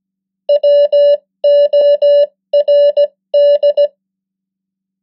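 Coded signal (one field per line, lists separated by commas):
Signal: Morse code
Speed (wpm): 17 wpm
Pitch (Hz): 580 Hz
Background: none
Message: WORD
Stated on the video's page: The 100 most common English words in Morse at 15 wpm, as practice.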